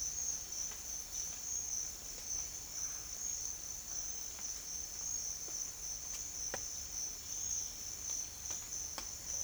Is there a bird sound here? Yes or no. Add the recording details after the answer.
no. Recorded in secondary vegetation near Puerto Asís, Putumayo, Colombia, on 28 February 2025 at 07:00. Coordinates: 0.500, -76.326. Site GP04